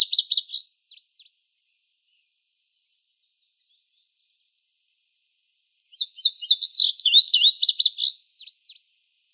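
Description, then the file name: Indigo bunting song: a high, sweet phrase of paired chirping notes, heard at the start as a brief fragment and again fully after a long pause. Recorded in Arizona. "INBU 4 Deviche"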